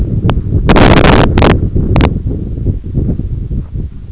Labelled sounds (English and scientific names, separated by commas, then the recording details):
none
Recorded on Arctic tundra, site EABA-1, on 21 June 2018
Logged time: 16:00